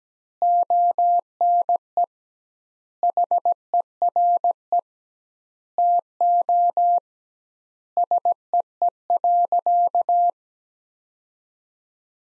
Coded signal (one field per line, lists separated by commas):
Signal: Morse code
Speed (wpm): 17 wpm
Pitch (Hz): 700 Hz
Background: none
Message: ONE HERE TO SEE.